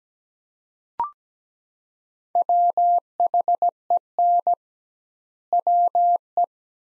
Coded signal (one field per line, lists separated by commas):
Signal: Morse code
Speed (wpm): 17 wpm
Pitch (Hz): 700 Hz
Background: none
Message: WHEN WE